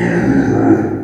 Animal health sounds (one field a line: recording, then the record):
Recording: squeal of a Yucatan mini pig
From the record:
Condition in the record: before surgery on the right vocal fold (resection and tissue-engineered implant)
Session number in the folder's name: 3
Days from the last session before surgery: 0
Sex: female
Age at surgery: 19 weeks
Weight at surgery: 25 kg